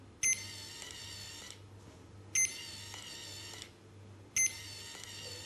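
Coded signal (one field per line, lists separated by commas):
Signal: none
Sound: a pump's purge beeps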